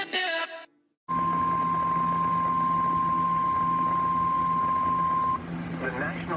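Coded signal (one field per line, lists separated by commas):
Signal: Emergency Alert System (SAME) tones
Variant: 1050 Hz attention tone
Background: speech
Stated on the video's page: Emergency Alert System severe thunderstorm warning.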